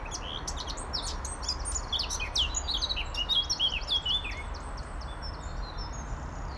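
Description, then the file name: Eurasian blackcap song, a rich run of varied high whistled and warbled phrases over steady low background rumble. "Sylvia atricapilla"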